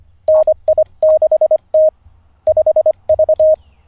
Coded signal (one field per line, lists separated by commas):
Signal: Morse code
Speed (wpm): 25 wpm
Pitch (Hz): 620 Hz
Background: none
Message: NI6T 5V